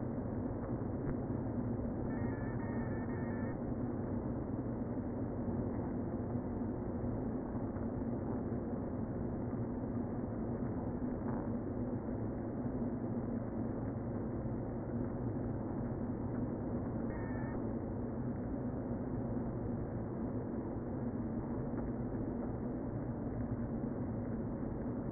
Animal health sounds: honeybee colony, microphone inside the hive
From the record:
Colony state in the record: queen present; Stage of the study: before two queens were removed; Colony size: about 60,000 bees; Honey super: yes

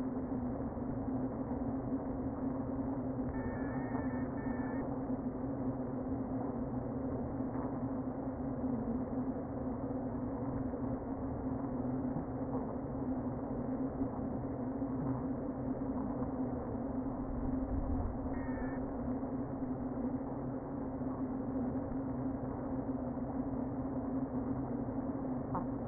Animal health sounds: honeybee colony, microphone inside the hive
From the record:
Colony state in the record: queen present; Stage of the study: before two queens were removed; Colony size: about 60,000 bees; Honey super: yes

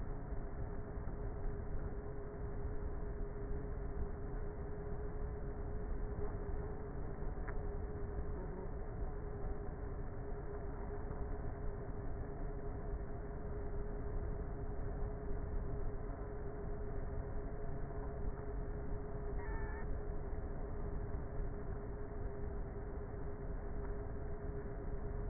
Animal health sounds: honeybee colony, microphone inside the hive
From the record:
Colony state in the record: queenless with a low population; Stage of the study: before two queens were removed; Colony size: about 30,000 bees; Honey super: no

